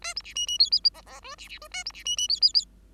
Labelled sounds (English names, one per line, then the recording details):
Bengalese Finch song
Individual Bird5